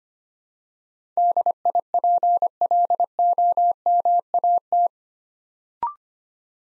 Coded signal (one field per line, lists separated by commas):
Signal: Morse code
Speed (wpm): 25 wpm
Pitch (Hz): 700 Hz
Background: none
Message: DIPLOMAT